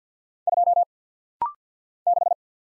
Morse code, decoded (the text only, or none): 2 6